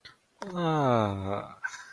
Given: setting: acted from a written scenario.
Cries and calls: vocal sound without words; contentment

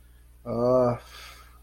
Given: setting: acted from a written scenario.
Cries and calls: vocal sound without words; contempt

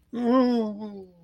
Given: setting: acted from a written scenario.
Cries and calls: vocal sound without words; embarrassment

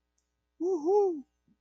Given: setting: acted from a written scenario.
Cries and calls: vocal sound without words; pride

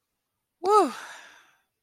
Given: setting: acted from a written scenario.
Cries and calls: vocal sound without words; pride

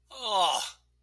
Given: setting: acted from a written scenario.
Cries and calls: vocal sound without words; disappointment

